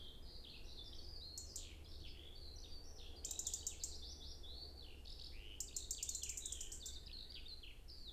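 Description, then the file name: European robin song: a run of thin, high, varied whistles and trills in quick short phrases, with ticking in the background and low steady hum. "Erithacus rubecula"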